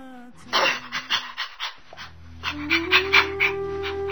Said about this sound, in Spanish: La perra Ilechua olisqueaba a Ignacio, pero no le ladraba.